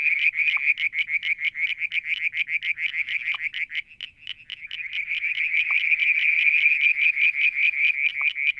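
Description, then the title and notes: Frogs give rhythmic, clearly separated pulses in a continuous rapid series, briefly dipping and then running on strongly, with occasional sharp single clicks. Mount Wilson, New South Wales, Australia; July 2022; one evening near a water tank; striped marsh frog, Verreaux's tree frog and an unidentified frog calling. "Frog song, Mount Wilson, New South Wales, Australia in July 2022 – by Alexander Moffatt. Limnodynastes Peronii, Litoria Verreauxii and a mystery frog one evening near the water tank"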